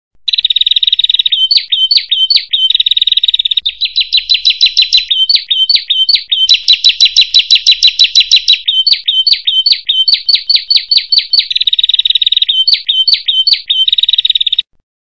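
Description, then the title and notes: Bird song: sharp, high chirps in quick repeated runs, broken by buzzy trilled bursts, in a steady looping pattern with no other sounds. Birdsong from Indonesia. "Kicau Burung Indonesia"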